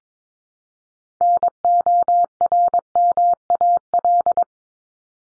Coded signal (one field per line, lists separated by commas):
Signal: Morse code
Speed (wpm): 22 wpm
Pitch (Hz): 700 Hz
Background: none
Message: NORMAL